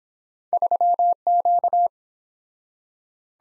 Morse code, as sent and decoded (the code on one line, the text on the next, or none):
...-- --.-
3Q